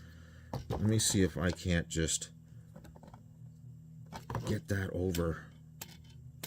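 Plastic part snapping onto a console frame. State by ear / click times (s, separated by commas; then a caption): seated / 5.8 s, 6.4 s. A rolled-over plastic piece is pushed over the edge of a console frame while someone talks. Sharp clicks are heard at 5.8 s and 6.4 s as it snaps into place, and the piece is seated.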